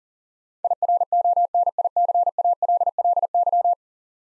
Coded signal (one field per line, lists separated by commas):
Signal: Morse code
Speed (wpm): 40 wpm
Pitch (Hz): 700 Hz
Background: none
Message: IRONICALLY